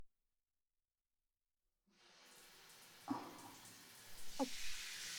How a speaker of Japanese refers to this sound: それでは、最初にシャワーで軽く頭皮の汚れをきれいにさせていただきますね。